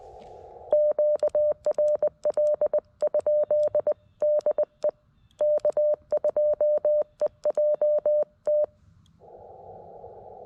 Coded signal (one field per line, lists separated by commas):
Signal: Morse code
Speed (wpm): 20 wpm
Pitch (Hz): 600 Hz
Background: none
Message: QRL? DE K2EJT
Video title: Is this radio even worth buying for CW? It wasn't....until yesterday! CW POTA at K-5221